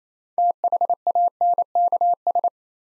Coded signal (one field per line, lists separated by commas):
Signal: Morse code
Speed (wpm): 27 wpm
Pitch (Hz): 700 Hz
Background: none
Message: THANKS